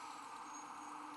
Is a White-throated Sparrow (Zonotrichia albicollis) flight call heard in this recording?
no